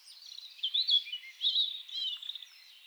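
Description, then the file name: European robin high warbling: a continuous jumble of thin, twittering notes rising and falling, with several louder bursts across three seconds. "Erithacus rubecula"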